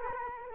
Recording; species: mosquito wingbeat signal from an infrared sensor; Culex quinquefasciatus